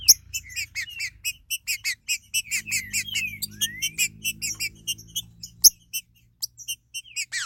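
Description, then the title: Green-winged saltator song, a dense chatter of repeated high notes with rising and falling slurs, over a low background hum and sharp clicks. "Trinca Ferro"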